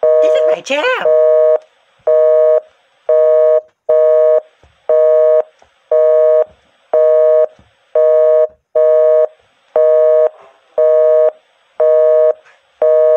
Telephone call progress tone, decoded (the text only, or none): busy tone